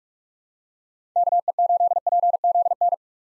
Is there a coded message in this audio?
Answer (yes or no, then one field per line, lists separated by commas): yes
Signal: Morse code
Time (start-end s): 1.2-2.9 s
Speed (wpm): 46 wpm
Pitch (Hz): 700 Hz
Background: none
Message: KE8PZN